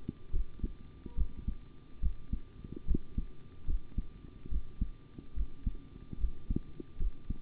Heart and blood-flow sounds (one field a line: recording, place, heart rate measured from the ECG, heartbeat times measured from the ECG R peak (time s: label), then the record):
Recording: heart sounds by stethoscope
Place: between the tricuspid and mitral areas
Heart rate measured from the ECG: 72 bpm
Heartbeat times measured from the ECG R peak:
0.31 s: heartbeat
1.16 s: heartbeat
2.01 s: heartbeat
2.86 s: heartbeat
3.66 s: heartbeat
4.49 s: heartbeat
5.34 s: heartbeat
6.18 s: heartbeat
6.98 s: heartbeat
From the record:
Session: rest, sitting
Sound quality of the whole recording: good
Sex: male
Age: 25 years